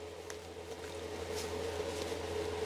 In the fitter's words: put the flap back and then give it a push so you can hear it click